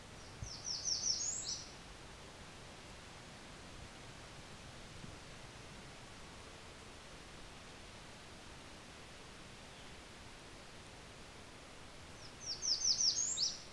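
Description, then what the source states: Blackburnian warbler singing two high, wiry phrases separated by a long pause, each a rapid run of thin notes reaching a higher top note, with soft hiss between. Song variant with a downward inflection, from a bird singing on its own.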